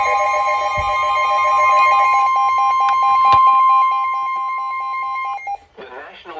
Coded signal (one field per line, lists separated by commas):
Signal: Emergency Alert System (SAME) tones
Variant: 1050 Hz attention tone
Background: speech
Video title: Jeez. When Is This Going To Last? EAS #158